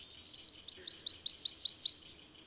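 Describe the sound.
Bird song: soft opening ticks building into a rapid run of about eight bright rising upslurred notes, with a constant high whine beneath.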